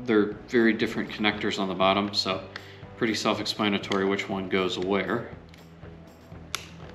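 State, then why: Seated. Someone talks while installing a Ruroc Shockwave speaker system in an Atlas 4.0 helmet, then the small gold wire connector from the helmet speaker system is pushed firmly into its socket on the control module. A sharp, short click is heard at 6.6 s as the connector seats.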